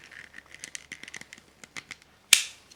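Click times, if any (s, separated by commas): 2.3 s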